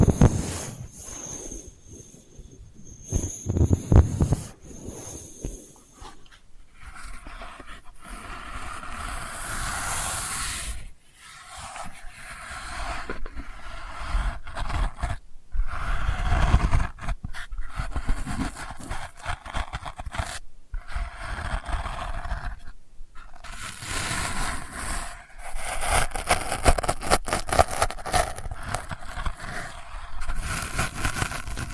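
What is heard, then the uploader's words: Delicate scratching comes in uneven bursts of bright, dry rasping with short silent gaps, stronger and busier after about twenty seconds. ASMR Delicate Scratching for Sleep (No Talking).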